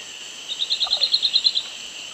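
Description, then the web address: Tropical gnatcatcher song: a quick even series of about a dozen high, thin notes, roughly ten per second, swelling slightly mid-phrase and lasting about a second, over a faint steady hiss. Eastern lowlands of South America. "Natures Songs S America Eastern Lowlands Polioptila plumbea, song"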